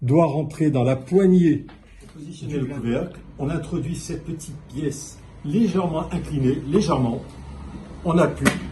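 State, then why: Not seated. A small plastic safety cap is held slightly tilted and inserted into the handle of a blender jar while someone talks throughout. Only speech and faint handling sounds are heard. The cap has not yet seated or clicked into the handle.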